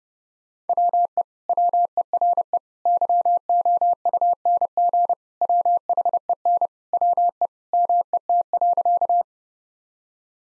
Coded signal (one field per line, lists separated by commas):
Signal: Morse code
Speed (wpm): 30 wpm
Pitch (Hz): 700 Hz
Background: none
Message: WE WERE YOUNG WHEN WE MET.